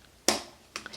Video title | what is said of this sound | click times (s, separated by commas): How to Attach Rivets with KAM Press (KAMsnaps® Tutorial) | the stem and click it in place you should hear that click | 0.3 s